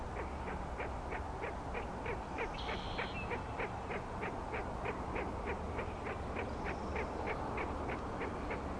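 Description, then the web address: Frogs give quick rhythmic clicking pulses, roughly three each second, evenly spaced; a short high whistle appears near the start and a fainter one later, with steady low background hum. Frog chorus at Grafton Lake, recorded 3 May 2009. "The Frog Chorus Tunes Up On Grafton Lake"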